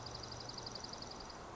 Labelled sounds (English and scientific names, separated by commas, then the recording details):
Dark-eyed Junco (Junco hyemalis)
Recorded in Sonoma County, California